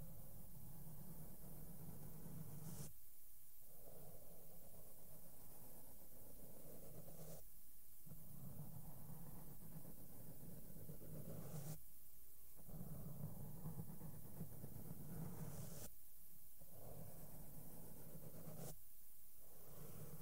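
Makeup brushes sweep softly over a microphone, making a dense, low rumbling swish with steady scratchy texture. The brushing breaks off into short silences about every four to five seconds, near 3, 7.5, 12, 16 and 18.5 seconds, then resumes.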